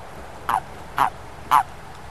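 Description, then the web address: Amphibian calls: three short, hoarse, quacking notes about half a second apart, over a low background hiss. "amphibien amphibien projekt sounds amphibium"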